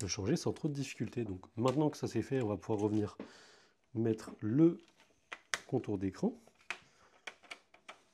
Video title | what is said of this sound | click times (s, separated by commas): Asus TUF F15 (TUF506L) - Démontage et changement d'écran | Et vous voyez hein, ça ça se clipse. Voilà. | 6.7 s, 7.3 s, 7.5 s, 7.9 s